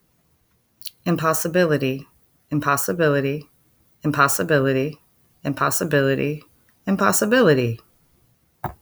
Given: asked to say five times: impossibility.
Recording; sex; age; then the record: repeated word; female; 30 to 39 years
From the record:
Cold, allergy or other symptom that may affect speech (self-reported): no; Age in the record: 33 years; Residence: Florida, United States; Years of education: 16